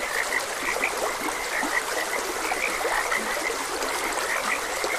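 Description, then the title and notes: Frogs keep up a busy chorus of brief croaks, some louder calls standing out, against a continuous wash of stream water. Frogs croaking beside a gentle stream. "Frogs Croaking. Sleep and Relaxation Podcast"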